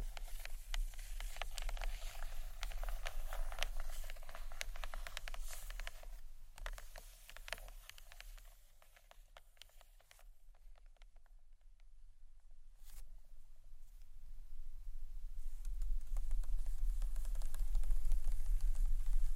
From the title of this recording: Gentle SCRATCHY TAPPING on BOOKS